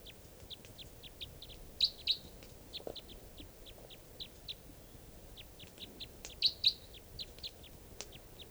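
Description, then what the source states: Crossbill calls, a quick run of short high chips repeated several times a second with a few louder notes, over faint low background noise. Wild crossbills near camp, about 6:00 p.m., possibly type 3s; three birds coming down.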